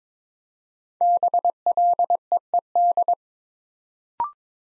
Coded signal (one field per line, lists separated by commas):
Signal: Morse code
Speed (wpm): 22 wpm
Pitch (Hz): 700 Hz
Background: none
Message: BLEED